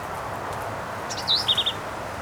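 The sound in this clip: Black-capped vireo gives one brief phrase: a slurred rising-falling whistle, then a quick, stuttered trill.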